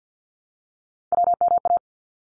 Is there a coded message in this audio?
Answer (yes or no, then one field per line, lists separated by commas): yes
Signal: Morse code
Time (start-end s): 1.1-1.8 s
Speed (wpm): 51 wpm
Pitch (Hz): 700 Hz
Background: none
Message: WMA